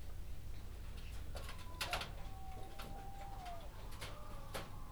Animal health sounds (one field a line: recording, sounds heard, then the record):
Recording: poultry house recording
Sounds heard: healthy chickens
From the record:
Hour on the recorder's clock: 21